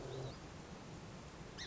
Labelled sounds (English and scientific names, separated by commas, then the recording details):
Song Sparrow (Melospiza melodia)
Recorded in Sonoma County, California